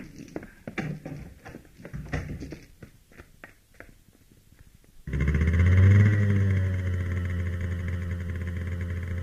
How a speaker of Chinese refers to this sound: 当刘金骑着摩托车在黑夜中消失时